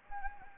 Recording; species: mosquito wingbeat signal from an infrared sensor; Anopheles gambiae